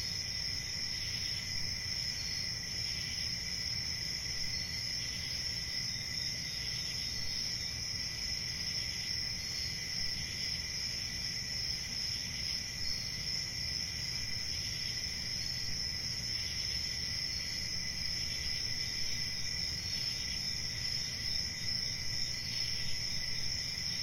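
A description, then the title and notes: Crickets chirr steadily through a summer night, their shrill, unbroken trilling layered in several high bands that never let up. Beneath them sits a soft, low rumble of night air, and the whole scene stays level and even for the full length. Nature Sounds, Crickets Summer Night.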